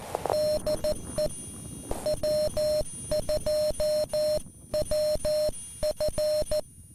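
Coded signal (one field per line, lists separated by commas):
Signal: Morse code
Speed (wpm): 13 wpm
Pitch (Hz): 610 Hz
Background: music, radio noise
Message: DE W2WF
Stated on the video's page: QRP CW POTA park activation with a (tr)uSDX transceiver and DX Commander pole antenna, morning operation.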